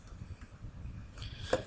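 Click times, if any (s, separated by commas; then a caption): 1.5 s. A small metal jump ring on a hex-nut earring is pressed closed so its ends meet. Soft handling noise leads to a faint tick at 1.2 s and then a sharper, louder click at 1.5 s as the ring comes together. The jump ring clicks closed and is seated.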